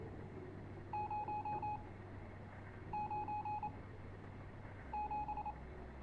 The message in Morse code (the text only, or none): 097